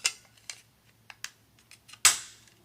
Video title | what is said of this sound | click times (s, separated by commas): Rear View Mirror Top Trim Replacement - Mercedes R129 SL | there's little Nubs on here as well that those attachments should just snap right into | 1.2 s, 2.1 s